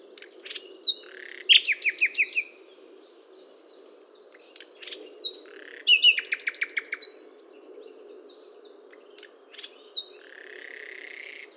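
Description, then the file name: Common nightingale song: two loud bursts of rapid, evenly repeated notes about 4.5 seconds apart, mixed with short whistles and chips, over a steady low background hiss. "Luscinia megarhynchos"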